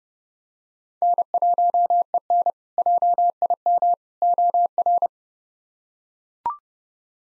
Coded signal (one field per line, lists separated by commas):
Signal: Morse code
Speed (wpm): 30 wpm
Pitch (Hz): 700 Hz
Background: none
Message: N1EN JIM OR